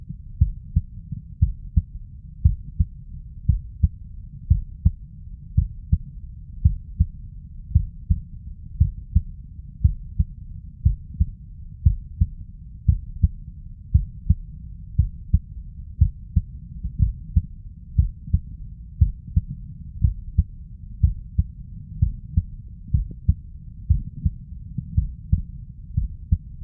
Stethoscope Chest Heart Heartbeat Clean.